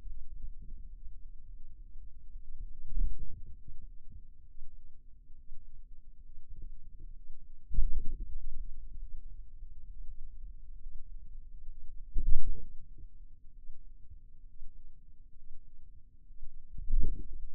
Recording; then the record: forearm muscle sounds (acoustic myography)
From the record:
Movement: radial deviation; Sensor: system 2, bracelet of six BSWA MPA416 microphones around the upper forearm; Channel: 5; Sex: male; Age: 22 years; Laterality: right